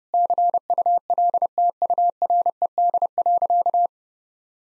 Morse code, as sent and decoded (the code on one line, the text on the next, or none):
-.-. ..- .-.. - ..- .-. . -.. .-.-.-
CULTURED.